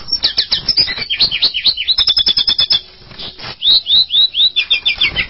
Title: kicau gelatik